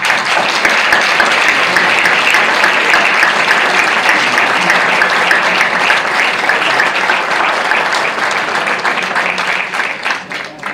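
Sustained audience applause, a dense steady wash of many hands clapping at a loud, even level for about ten seconds before starting to thin slightly at the end.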